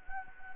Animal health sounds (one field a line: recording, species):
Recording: mosquito wingbeat signal from an infrared sensor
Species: Anopheles gambiae